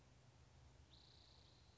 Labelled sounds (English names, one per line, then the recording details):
Spotted Towhee
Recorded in Sonoma County, California